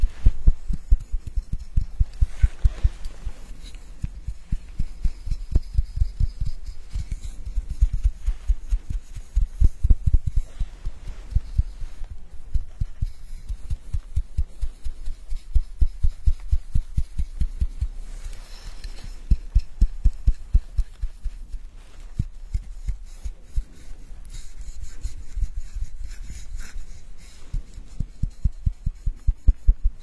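Immersive hair washing with scalp massage: rapid, steady low thumps and rubbing pulses repeat densely throughout, with faint brighter scratchy washes appearing occasionally.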